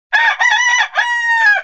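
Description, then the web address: Chicken: rooster crowing: one loud, harsh cock-a-doodle-doo in several rising and falling segments lasting under two seconds, with no other sounds behind it. Male (rooster), crowing. "rooster cry"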